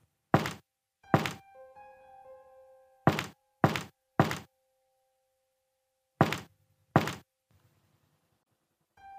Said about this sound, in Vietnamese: Tôi nghe rõ ràng là 3 tiếng gõ cửa. Nhìn lên đồng hồ lúc này cũng đã là 12 giờ đêm.